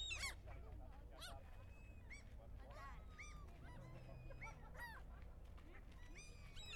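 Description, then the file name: Gulls yelping and squealing in a busy flock, short harmonic calls scattered throughout over a low background rumble. Noisy gulls calling with people in the background. "Noisy Seagulss People"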